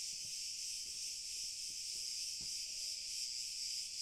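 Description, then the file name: Cricket chorus, a dense continuous high-pitched buzzing wash with no pauses. Chorus of crickets heard at a distance. "Grillen Chor Fern"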